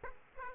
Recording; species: mosquito wingbeat signal from an infrared sensor; Aedes aegypti